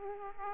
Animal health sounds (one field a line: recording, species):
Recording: mosquito wingbeat signal from an infrared sensor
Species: Aedes aegypti